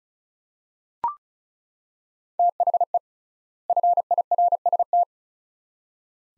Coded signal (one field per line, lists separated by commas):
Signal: Morse code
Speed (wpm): 34 wpm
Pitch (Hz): 700 Hz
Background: none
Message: THE FIRST